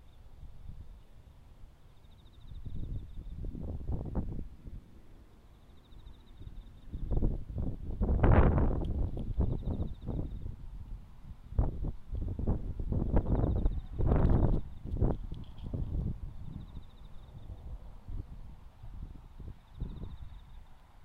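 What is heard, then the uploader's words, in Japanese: Rustling and tearing as weeds are pulled and sweet potato vines are lifted, coming in irregular bursts every second or so, heaviest around the middle. Underneath, a faint, thin insect hum pulses steadily high above the work. 環境音 風音あり サツマイモ除草とツル上げ。ツル上げ(地面に触れた茎から根が出てしまうので、一旦はがす作業)をしながら、葉の間から伸びている草を、カマ刈っていきます。畝を行ったり来たり、音が入っていない間も遠くでずっと作業しています。コオロギなど秋虫鳴いています。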